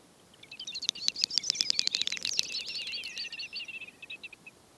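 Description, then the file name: Great snipe display: a volley of sharp rattling clicks with high whistled notes, flowing into a bubbling, warbling twitter that tails off. "great snipe - gallinago media"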